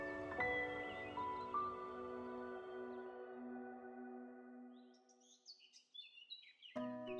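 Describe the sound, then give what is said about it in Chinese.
A long, resonant ringing tone slowly fades, then magpies call in quick, high-pitched chirps for a couple of seconds in the early morning at a household, ending with a brief louder burst of sound. “转眼正月十六，这一日地府上下从清早喜鹊叫起便喜气洋洋。”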